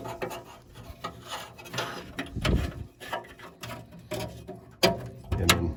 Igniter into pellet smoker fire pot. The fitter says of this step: so and then shove our igniter into place and you can hear that little click there see what it is in solid so